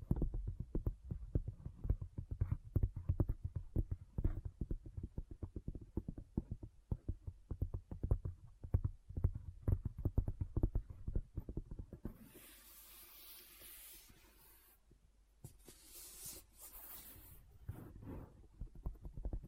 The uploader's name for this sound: ASMR What's In My Bag (No Talking)